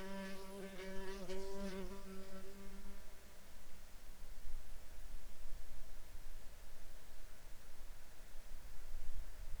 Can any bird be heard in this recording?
no